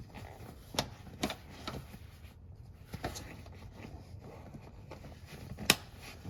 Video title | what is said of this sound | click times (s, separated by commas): Doona car seat stroller install | okay, so we heard the click, and | 5.7 s